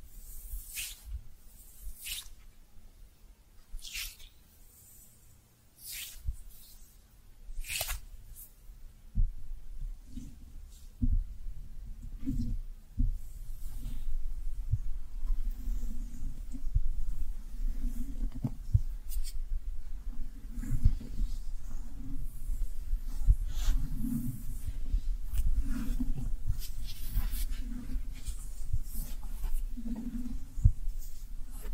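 Brushing and squishy triggers: the first nine seconds bring separate bright, hissy brush strokes every couple of seconds. After that the sound turns into a steady, dense bed of low, soft, squishy pulses, louder and continuous through the end.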